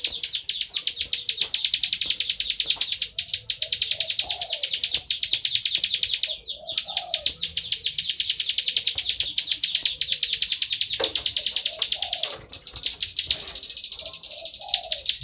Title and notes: Ciblek Ngebren Untuk Masteran Murai Batu. Suara burung ciblek - Suara Nada